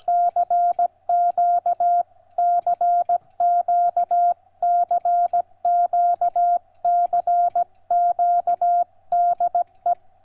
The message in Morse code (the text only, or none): CQ CQ CQ CQ DE